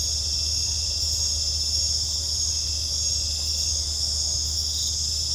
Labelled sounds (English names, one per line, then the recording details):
none
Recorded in secondary vegetation near Puerto Asís, Putumayo, Colombia, on 26 December 2024 at 20:30
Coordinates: 0.499, -76.323
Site G010